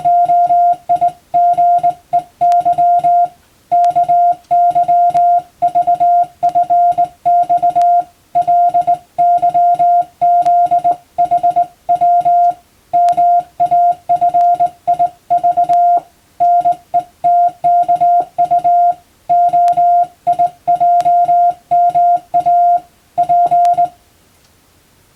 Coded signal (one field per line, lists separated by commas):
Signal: Morse code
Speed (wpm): 20 wpm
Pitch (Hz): 700 Hz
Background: music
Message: OIGEY KYVFX LYZHW MAFIV NETKU OIJMA P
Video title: 無線従事者国家試験総合無線通信士電気通信術のトレーニングにＣＷを打ってみました。アマチュア無線ハムの受信練習にもどうぞ(morse code practice for radio operator )